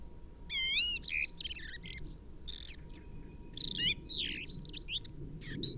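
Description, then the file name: Common blackbird calls: a rapid stack of rising squeaky notes, then scattered high chattering phrases with short gaps between them. "Turdus merula"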